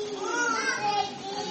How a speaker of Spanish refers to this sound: Escucho mucho ruido, hermanos, de los niños. Yo sé que hay mucho calor y quizás por eso estén llorando los niños.